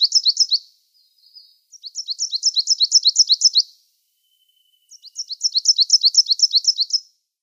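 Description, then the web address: Coal tit song: high, bright two-note phrases repeated rapidly in three bursts separated by short pauses. "Schulze Peter Coal Tit song"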